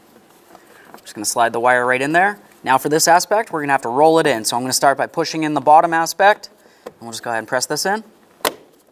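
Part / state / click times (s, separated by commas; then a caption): mirror switch trim piece into door panel / seated / 8.5 s. A plastic mirror switch trim piece for a 2006-10 Ford Explorer is rolled in from its bottom edge and pressed into the door panel opening while someone talks. A sharp click at 8.5 s marks the piece snapping into place and seating securely in the door panel.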